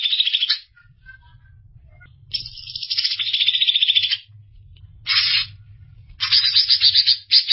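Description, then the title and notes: Greater green leafbird song: bright chattering phrases of quick repeated notes, some long and some short, separated by pauses, over a soft low hum. "Kicau Burung Cucak Ijo. Suara kicauan burung cucak ijo"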